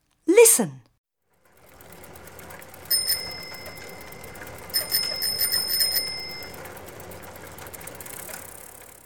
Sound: fx: bicycle